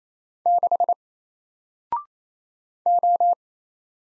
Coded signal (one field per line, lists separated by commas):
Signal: Morse code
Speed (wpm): 27 wpm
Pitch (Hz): 700 Hz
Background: none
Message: 6 O